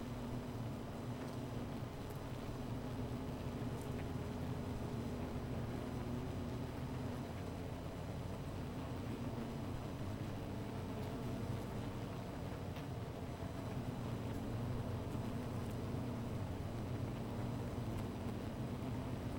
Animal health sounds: honeybee colony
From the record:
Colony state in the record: missing queen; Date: 14 July 2017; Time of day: 16:00

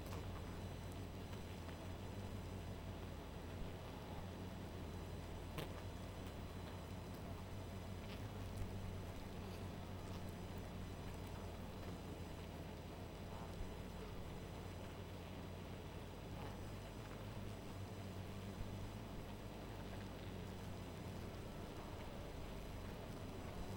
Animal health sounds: honeybee colony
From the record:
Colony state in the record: missing queen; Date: 14 July 2017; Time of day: 1:35

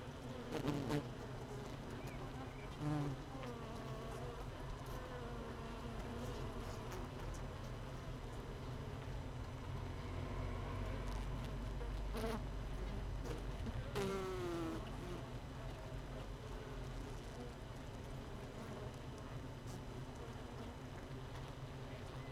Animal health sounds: honeybee colony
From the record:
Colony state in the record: missing queen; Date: 31 May 2018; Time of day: 16:50

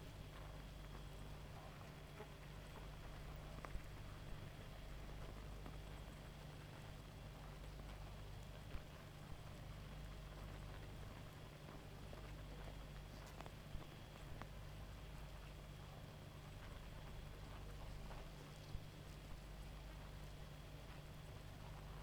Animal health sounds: honeybee colony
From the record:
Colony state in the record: active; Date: 28 July 2017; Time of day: 1:57

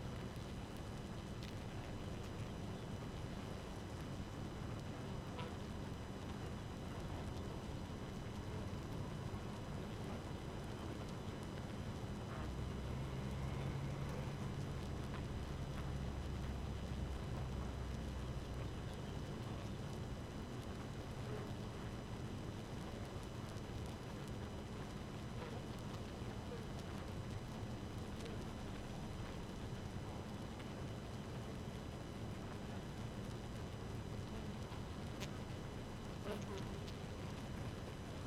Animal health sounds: honeybee colony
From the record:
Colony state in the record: active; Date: 12 June 2018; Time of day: 5:12

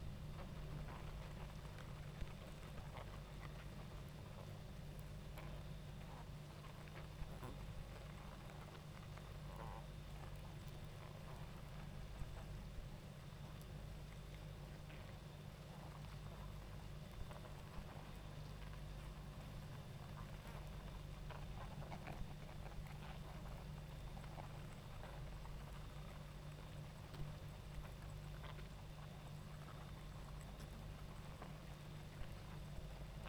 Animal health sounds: honeybee colony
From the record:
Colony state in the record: active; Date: 28 July 2017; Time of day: 19:39

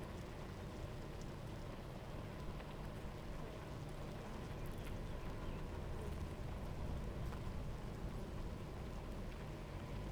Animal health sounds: honeybee colony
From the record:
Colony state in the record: active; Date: 28 July 2017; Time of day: 10:48

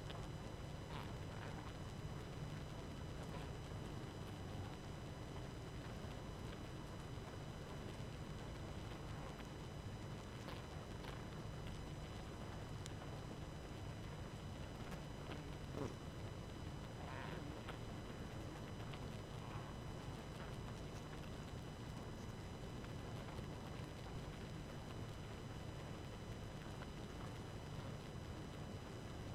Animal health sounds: honeybee colony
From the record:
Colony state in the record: active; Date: 12 June 2018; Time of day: 22:41

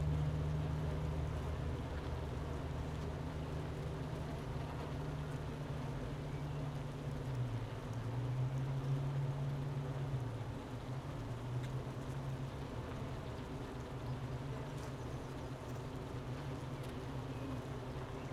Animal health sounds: honeybee colony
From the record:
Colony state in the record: missing queen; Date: 31 May 2018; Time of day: 12:55

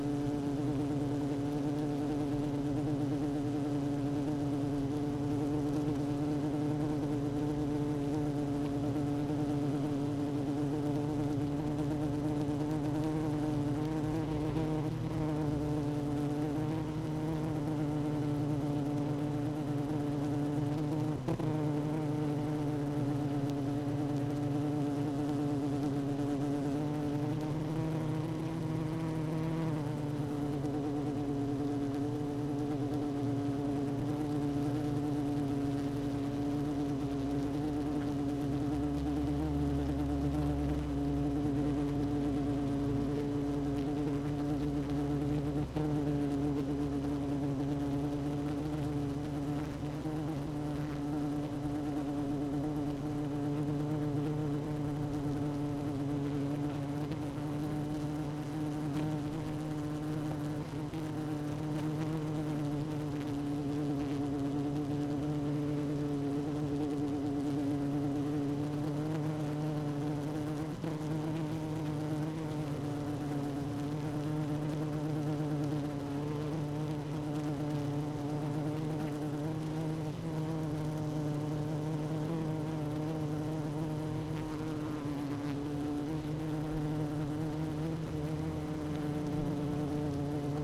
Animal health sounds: honeybee colony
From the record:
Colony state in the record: active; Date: 12 June 2018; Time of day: 16:30

